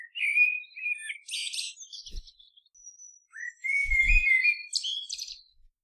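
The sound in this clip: Bird song: warbled whistled phrases with buzzy, chattering bursts, two bouts separated by a short pause, with a soft low thump late in the first bout and another during the second.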